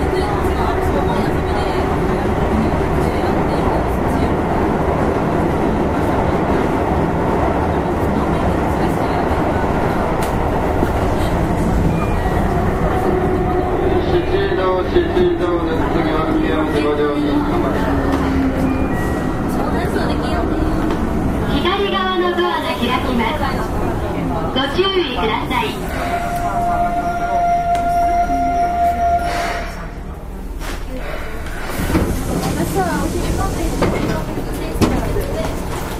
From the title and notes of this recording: 京阪電車 6000系 急行 枚方市から祇園四条まで. 京阪電気鉄道 6000系電車の走行音です。 急行列車にて録音しました。 It is a running sound of a 6000 series train.